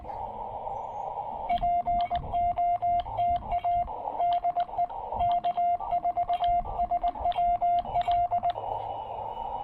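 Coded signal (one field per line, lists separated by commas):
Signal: Morse code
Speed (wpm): 19 wpm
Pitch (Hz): 700 Hz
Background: radio noise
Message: POTA DE K4SWL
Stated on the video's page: Morse from a QRP POTA park activation using a Yaesu FT-818ND with a JNCRadio CS-818 ATU and an MPAS 2.0 antenna.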